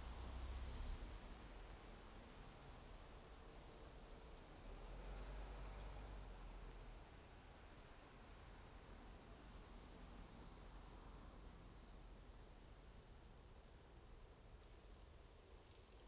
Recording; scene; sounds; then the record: everyday scene through a hearing-aid microphone; in traffic; traffic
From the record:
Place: main road on the outskirts, rush hour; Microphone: in the ear canal, left